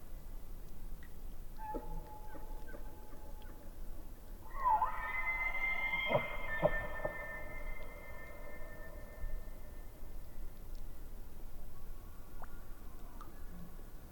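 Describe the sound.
Elk bugling: a note sliding upward into a long, high, thin whistle held for several seconds, broken by a few low grunting pulses, then fading; faint scattered ticks around.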